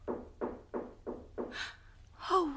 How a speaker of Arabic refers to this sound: وغلبه هواه وأعماه، فأسرع إليها خطاه وطرق عليها الباب وهو بادي للتراب.